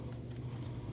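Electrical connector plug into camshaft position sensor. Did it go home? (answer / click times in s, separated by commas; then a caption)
no / none. The electrical plug is being handled as it goes back onto a new camshaft position sensor, freshly bolted in with a 10 mm bolt torqued to 4.7 ft-lb, on a 2003-2008 Subaru Forester 2.5L H4. Soft handling rustles and a small tick near 0.3 s sit over a steady low hum. The connector has not seated or clicked yet.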